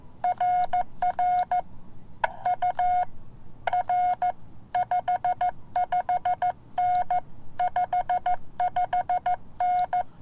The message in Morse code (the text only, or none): RR UR 55N 55N